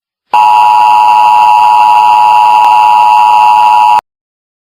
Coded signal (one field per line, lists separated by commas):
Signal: Emergency Alert System (SAME) tones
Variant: 853 and 960 Hz attention tone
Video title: EAS Broadcast when the SHTF!